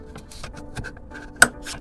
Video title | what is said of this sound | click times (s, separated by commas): How To Replace A Number Plate Bulb On A Mitsubishi Outlander 2013-2022 | and again you should get a nice audible click here | 1.4 s